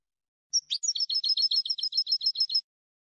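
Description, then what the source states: European goldfinch song: a high whistled note, then a fast run of many liquid twittering notes in an even rhythm, clean and without background sound. Clean goldfinch song recording on a CD made for copying, for song training.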